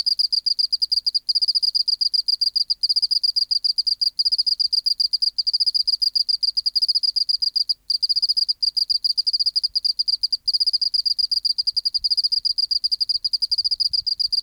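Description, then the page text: Oceanic field cricket singing: long trills of fast pulses split by short gaps, high and steady with harmonics above, nothing else audible. Museum specimen in the BMNH Acoustic Laboratory, 19 March 1984, 11:15 local time, 24 °C, 30% humidity, still air, dim light. "412:14 Teleogryllus oceanicus (514r2). BioAcoustica. Natural History Museum Sound Archive. Recording Location: BMNH Acoustic Laboratory Recorded by: W. J. Reynolds Date Recorded: Mandag, marts 19, 1984 Local time: 1115"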